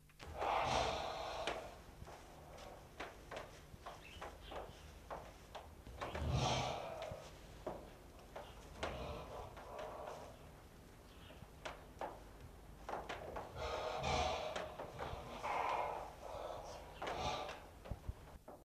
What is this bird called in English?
Sarus Crane